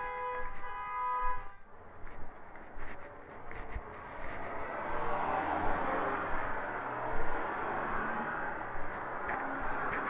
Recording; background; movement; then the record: deep breathing; traffic; walking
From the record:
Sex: female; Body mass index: 18.3 kg/m2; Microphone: on the chest, facing the body